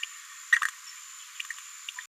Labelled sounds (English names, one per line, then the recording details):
Green-rumped Parrotlet babbling
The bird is a female
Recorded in a nest box in Venezuela
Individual 17B73B4